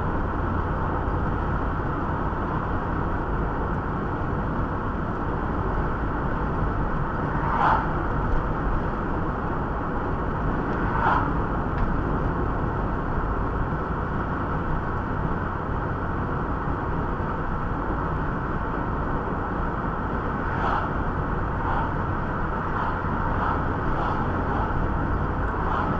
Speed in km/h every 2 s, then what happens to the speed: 82, 83, 84, 85, 85, 84, 83, 83, 83, 84, 83, 82, 81.
0-26 steady at about 83.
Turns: none.